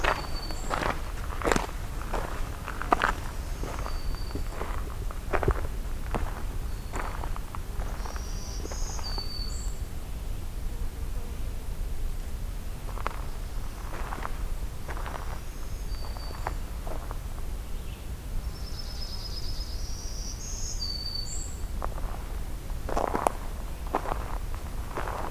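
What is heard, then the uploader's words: Footsteps crunch unevenly along a forestry road over a steady low rumble, while high bird chirps and whistles come and go, especially near 20 seconds. Hector Falls Forestry Road, Part 1 (Black-throated Blue Warbler). I’ve been driving along the forest road near Hector’s Falls to find some new habitat niches, listening for more songs and sounds.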